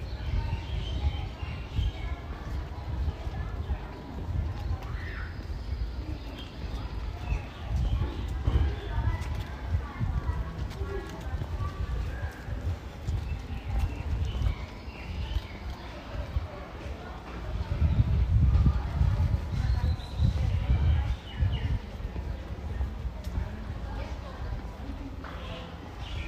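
A walk around Tel Aviv University in Ramat Aviv, with voices of people talking throughout over a low, rumbling bed of outdoor noise. Footsteps and scattered clicks come and go, and the low rumble swells around eight seconds and again from eighteen to twenty-one.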